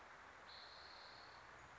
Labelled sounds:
Spotted Towhee (Pipilo maculatus)
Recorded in Sonoma County, California

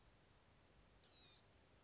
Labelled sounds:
Blue-gray Gnatcatcher (Polioptila caerulea)
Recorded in Sonoma County, California

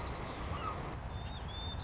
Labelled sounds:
White-crowned Sparrow (Zonotrichia leucophrys)
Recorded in Sonoma County, California

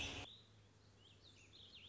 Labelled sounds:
Warbling Vireo (Vireo gilvus)
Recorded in Sonoma County, California

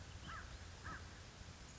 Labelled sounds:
American Crow (Corvus brachyrhynchos)
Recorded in Sonoma County, California

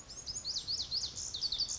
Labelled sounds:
Pacific Wren (Troglodytes pacificus)
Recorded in Sonoma County, California

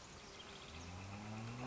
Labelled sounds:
Northern Flicker (Colaptes auratus)
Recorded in Sonoma County, California

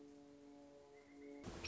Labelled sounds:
Pileated Woodpecker (Dryocopus pileatus)
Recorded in Sonoma County, California

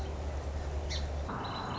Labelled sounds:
Song Sparrow (Melospiza melodia)
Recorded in Sonoma County, California

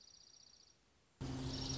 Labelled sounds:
Dark-eyed Junco (Junco hyemalis)
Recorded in Sonoma County, California

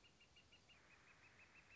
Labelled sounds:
Northern Flicker (Colaptes auratus)
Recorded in Sonoma County, California

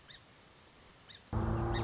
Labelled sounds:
Song Sparrow (Melospiza melodia)
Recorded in Sonoma County, California

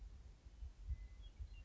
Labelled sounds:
Western Meadowlark (Sturnella neglecta)
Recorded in Sonoma County, California

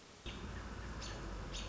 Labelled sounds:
American Robin (Turdus migratorius)
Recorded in Sonoma County, California

